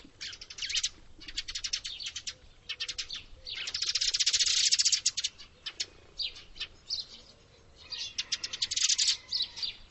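Bird calling in quick bursts of sharp, high chirps, some in rapid trills, with a louder rushing burst midway and a low background hum.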